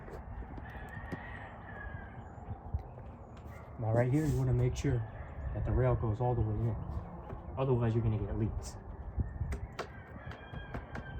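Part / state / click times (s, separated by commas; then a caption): fuel injector and fuel rail into intake manifold injector bore / seated / 9.8 s. On a 2014 Dodge Charger SE 3.6 V6 during fuel injector replacement, the fuel rail with its injectors is pushed all the way into the intake manifold injector bores so it won't leak. Someone talks, then a sharp click at 9.8 s marks the injector seating into the rail, followed by a few lighter taps.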